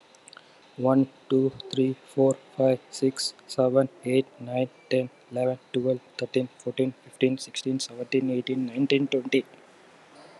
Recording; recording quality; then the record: counting at a fast pace; excellent, no background noise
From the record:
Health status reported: COVID-19 positive, moderate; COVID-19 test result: positive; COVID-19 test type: RT-PCR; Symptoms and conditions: cough, cold, loss of smell and taste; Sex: male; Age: 28 years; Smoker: no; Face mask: not worn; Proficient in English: yes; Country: India